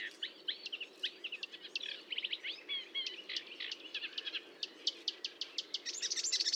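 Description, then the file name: Marsh warbler song: a fast, varied run of chattering, buzzy and scratchy notes with sharp clicks, ending in a rapid series of repeated high ticks and a brief trill. Recorded at Fontaine-Française, Fourneau, France, on 1 June 2022 at 10:55, using a Nagra recorder with a Telinga microphone. "Rousserolle verderolle 20220601 1055 Fontaine-Francaise-Fourneau-Nagra-Telinga"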